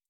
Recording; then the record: hydrophone in a shrimp aquaculture tank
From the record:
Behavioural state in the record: stressed